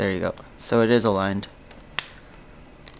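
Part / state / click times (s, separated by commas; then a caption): plastic case shell onto a smartphone / partly seated / 2.0 s. Someone talks as a Uniea U-Feel hard plastic case shell is pressed onto a smartphone, and a single loud, sharp snap is heard at 2.0 s, followed by a few faint ticks. The case snaps on, but one corner at the top has not seated properly.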